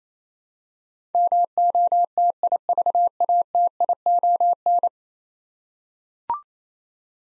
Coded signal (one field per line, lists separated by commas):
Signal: Morse code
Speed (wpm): 28 wpm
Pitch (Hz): 700 Hz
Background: none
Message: MOTIVATION